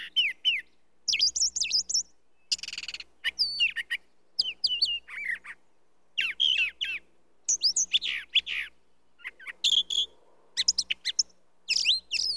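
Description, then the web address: Brown thrasher song of varied phrases, buzzy rasps, slurred whistles and chips, many phrases doubled, delivered steadily with brief gaps between them. "bird brown trasher song animal"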